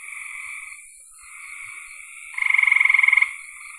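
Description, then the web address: Frog calls: soft droning notes, then a loud rapid pulsed trill lasting about a second. "cn frogs"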